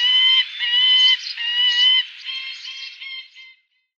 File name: Saker Falcon